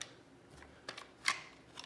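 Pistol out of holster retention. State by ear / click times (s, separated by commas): released / 1.3 s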